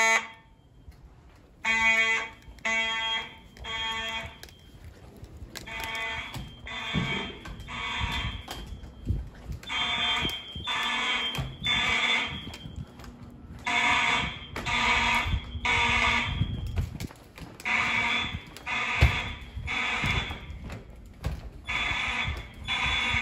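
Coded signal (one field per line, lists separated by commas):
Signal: alarm pattern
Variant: mechanical fire alarm horns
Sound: buzzy fire alarm horns blaring in repeated groups of three blasts, with short pauses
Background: indoor hallway echo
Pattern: temporal three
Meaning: Temporal-three fire evacuation signal, here sounded as a test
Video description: The horn strobes chosen were Siemens U-HN mechanical horn strobes in the hallways (possibly Harrington rebrands) and wheelock MIZ-LSM horn strobes in the classrooms.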